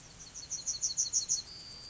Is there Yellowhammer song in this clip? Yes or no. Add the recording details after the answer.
yes. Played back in grassland. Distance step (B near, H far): E. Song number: 039